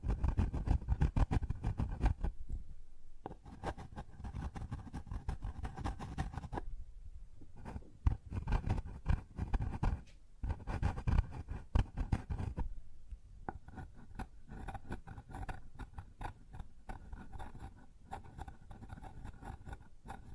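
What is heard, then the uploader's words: Scraping and rubbing on a wooden surface, a dense run of short scratchy strokes with a low, woody rumble underneath. The friction comes in bursts separated by brief pauses around 3, 7, 10 and 13 seconds, with a few sharper taps. ASMR Sounds on Wooden Surface (No Talking).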